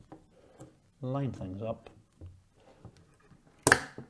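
Someone talks while lining up the second RAM stick for a DIMM slot on a motherboard in a Ryzen 5800X and RTX 3080 PC build in a Cooler Master TD500 Mesh case, then presses it down. A sharp, loud click at 3.7 s is the plastic retention clips snapping shut as the memory module seats and locks into the slot.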